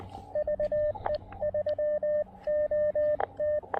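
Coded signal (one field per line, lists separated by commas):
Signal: Morse code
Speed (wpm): 18 wpm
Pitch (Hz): 600 Hz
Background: radio noise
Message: VE3OT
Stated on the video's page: Morse from a POTA park activation using a KX2 transceiver with AX1 antenna.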